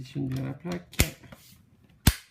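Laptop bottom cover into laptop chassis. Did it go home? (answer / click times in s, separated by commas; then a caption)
yes / 2.1 s. Someone talks while a laptop's plastic bottom plate is repositioned and pressed down onto the chassis. A short sharp snap at about 1.0 s is followed by a much louder, crisp click at 2.1 s as the cover's clips snap into the laptop chassis and it is seated.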